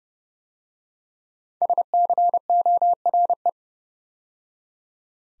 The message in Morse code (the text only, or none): SCORE